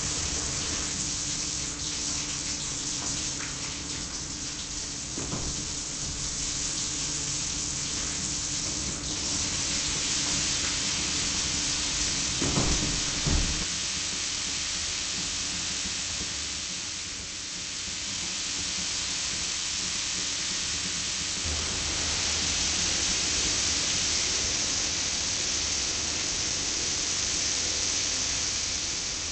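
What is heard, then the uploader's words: A shower runs steadily, a dense, bright hiss of falling water that fills the whole recording without pause. Around twelve to fourteen seconds a few louder splashes and thuds break through, and a low rumble shifts in tone near twenty-two seconds. Shower.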